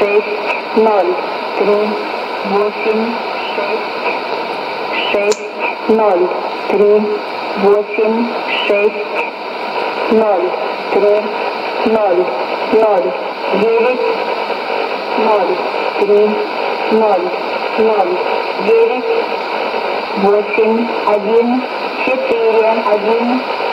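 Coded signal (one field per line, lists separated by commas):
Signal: numbers station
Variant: S06s Russian Lady, Russian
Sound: a woman's voice reading short, evenly spaced words through hissy shortwave static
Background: radio static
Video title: 20 09 2019 S06s Russian Lady numbers station in Russian to Eu 0634 on 12140 unknown tx site USB+AM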